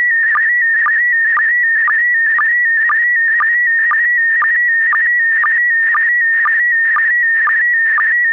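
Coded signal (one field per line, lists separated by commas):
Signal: SSTV (slow-scan television)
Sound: warbling, shifting whistle tone broken by short low blips about twice a second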